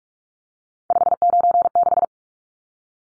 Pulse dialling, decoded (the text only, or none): none